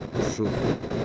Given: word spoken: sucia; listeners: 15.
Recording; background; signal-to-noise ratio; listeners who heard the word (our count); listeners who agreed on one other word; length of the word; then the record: one Spanish word in noise, from a listening test; noise modulated by three-talker babble; -5.2 dB; 0 of 15; 12 of 15; 0.65 s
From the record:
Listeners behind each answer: 12, 2, 1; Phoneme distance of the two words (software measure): 10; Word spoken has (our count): 2 syllables, 5 phonemes, stress on syllable 1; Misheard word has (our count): 2 syllables, 5 phonemes, stress on syllable 1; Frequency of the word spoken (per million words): 12.93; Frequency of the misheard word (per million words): 11.27